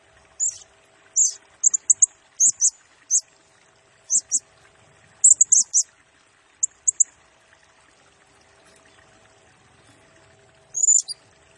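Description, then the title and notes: Blue-crowned hanging parrot calls: sharp, shrill high chirps in clusters, a long quiet stretch, then a final burst. Masteran lure and training song of a Serindit singing actively in rapid-fire 'nembak' style, used to train and attract other birds, said to stir up all birds. "Burung Serindit Nembak Gacor Bikin Emosi Semua Burung. Suara Nasteran Dan Pemikat Burung Serinditan Gacor"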